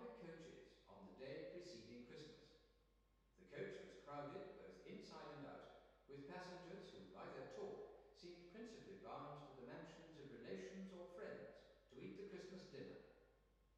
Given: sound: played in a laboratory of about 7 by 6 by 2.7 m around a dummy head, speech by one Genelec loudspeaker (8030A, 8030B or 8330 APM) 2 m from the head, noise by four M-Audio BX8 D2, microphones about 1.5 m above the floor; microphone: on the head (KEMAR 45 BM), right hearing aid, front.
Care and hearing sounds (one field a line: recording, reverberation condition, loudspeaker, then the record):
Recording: male speech in English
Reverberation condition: high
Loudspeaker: 120 degrees to the left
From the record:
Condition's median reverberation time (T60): about 1300 ms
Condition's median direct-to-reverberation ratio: about -4.0 dB